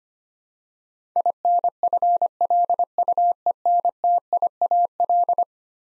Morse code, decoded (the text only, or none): INFLUENTIAL